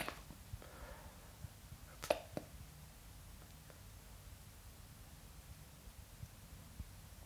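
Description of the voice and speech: About seven seconds of near silence with no voice, broken only by a few faint tongue clicks and small pushes of air. A very long silent stuttering block in an adult man: the pause is not completely silent, his tongue pushes and the word 'prefer' does not come out.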